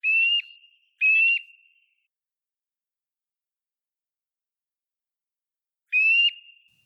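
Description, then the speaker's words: Eurasian nuthatch song: loud, clear whistled notes, two close together, then a third after a long pause. Sings mainly on sunny days from January to May where old deciduous trees stand; beautiful, especially loud song of rising and falling whistles. "Vooral op zonnige dagen, van januari tot mei, hoor je ze zingen op plekken waar oude loofbomen staan, boomklevers."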